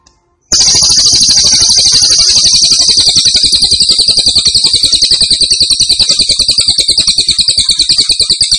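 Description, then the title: Grey-cheeked tit-babbler song, a sustained fast rattling trill of high notes lasting about eight seconds without a break. Actively singing (gacor) with a strong voice. "Cililin AMPUH 5. Cililin Gacor Suara Mantap"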